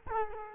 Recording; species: mosquito wingbeat signal from an infrared sensor; Culex quinquefasciatus